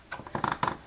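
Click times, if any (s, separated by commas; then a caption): 0.1 s, 0.3 s, 0.4 s, 0.5 s, 0.6 s, 0.7 s. The plastic outer ring of a screw-top bucket lid is pressed down by hand around the rim of a plastic food storage bucket, working around the edge. It snaps on in a series of sharp plastic clicks at about 0.1, 0.4, 0.4, 0.5, 0.6 and 0.7 seconds, and the ring ends up seated on the rim.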